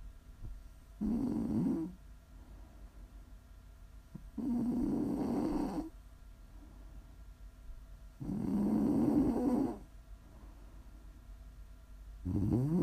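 Four rhythmic, rattling inspiratory snores from an adult, about 16 a minute, with quiet pauses between breaths: habitual snoring.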